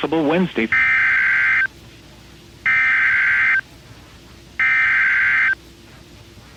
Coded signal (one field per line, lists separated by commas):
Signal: Emergency Alert System (SAME) tones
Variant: header bursts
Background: speech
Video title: EAS 441-444: Direct Audio - WXK67 FFWs While I Was Sleeping